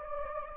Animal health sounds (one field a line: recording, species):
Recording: mosquito wingbeat signal from an infrared sensor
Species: Anopheles gambiae